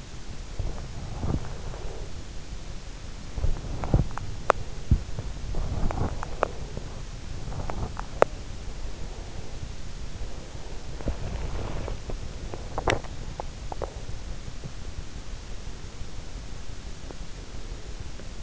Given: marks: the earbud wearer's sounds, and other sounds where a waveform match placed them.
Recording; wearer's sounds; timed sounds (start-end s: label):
sounds in sleep by an in-ear microphone; breath, teeth grinding, swallowing
0.39-2.31 s: breath
3.19-8.48 s: teeth grinding
8.48-9.85 s: breath
10.37-12.16 s: breath
12.51-13.23 s: swallowing
13.39-14.04 s: teeth grinding
15.18-18.23 s: breath